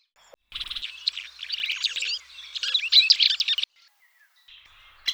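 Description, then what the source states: Bird song: a dense, fast warble of varied twittering notes running for about three seconds, then a short quieter phrase and a final sharp note. Song unit extracted by automatic segmentation into 60 ms units.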